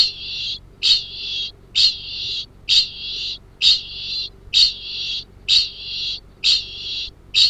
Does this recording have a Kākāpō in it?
yes